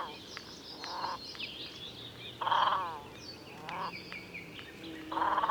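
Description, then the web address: Great crested grebe song, gruff croaking bursts repeated every one to two seconds, some louder than others. "chant xeno-canto grebe huppe"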